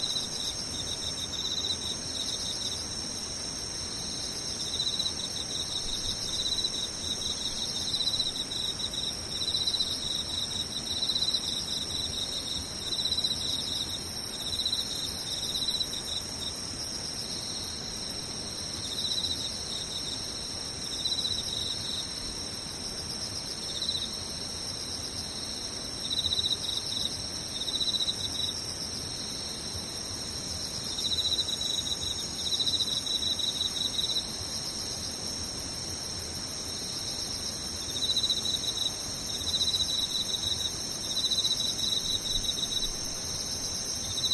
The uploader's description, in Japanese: ムシ